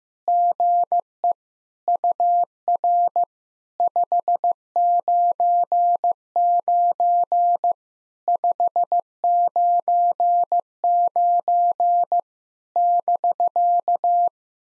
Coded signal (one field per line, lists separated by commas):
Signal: Morse code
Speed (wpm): 15 wpm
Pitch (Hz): 700 Hz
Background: none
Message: GE UR 599 599 <BK>